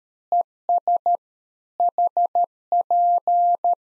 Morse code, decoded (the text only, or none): ES HP